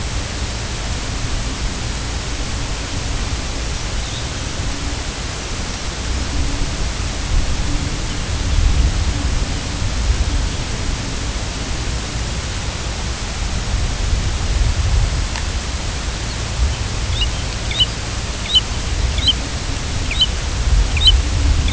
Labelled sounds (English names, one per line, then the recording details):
unidentified sound
American Golden-plover
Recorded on Arctic tundra, site UTQI-2, on 10 June 2019
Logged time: 16:00